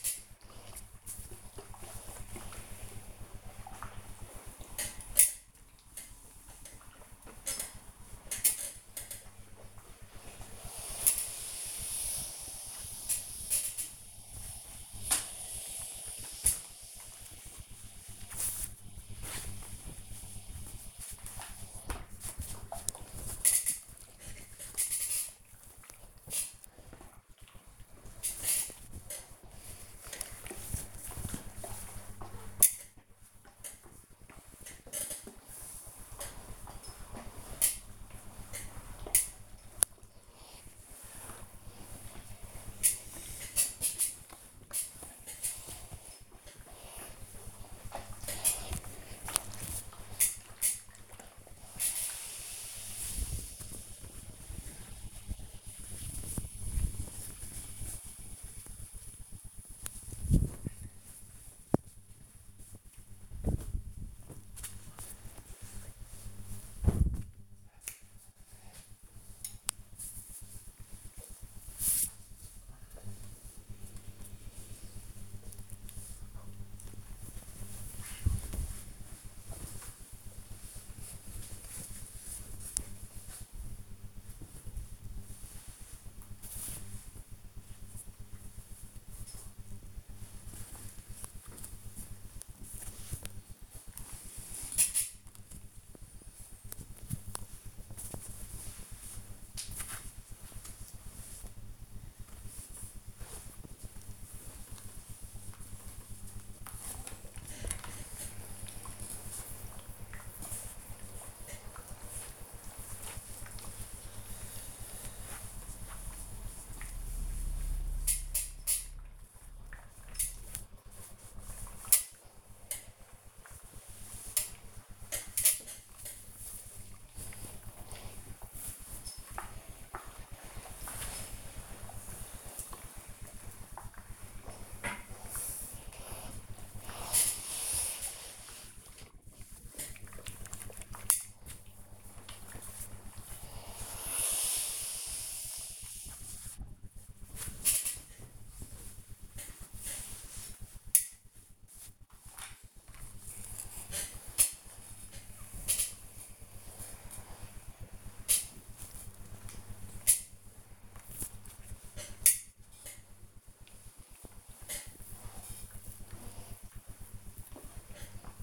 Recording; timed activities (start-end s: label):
household activities, microphone on the right wrist
0.00-73.09 s: ironing laundry
114.39-168.43 s: ironing laundry